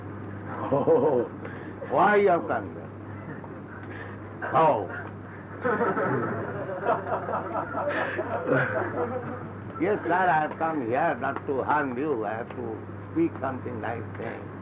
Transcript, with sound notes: " Ohhh... Why you have come here? Gow!" [laughter] "Yes, sir, I have come here not to harm you. I have to speak something, nice thing."